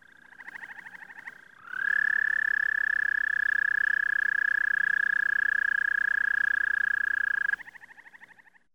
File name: zhaba amerikanskaya kvakaet